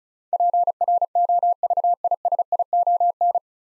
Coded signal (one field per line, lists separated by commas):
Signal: Morse code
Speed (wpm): 36 wpm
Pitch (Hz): 700 Hz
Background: none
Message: PROVISION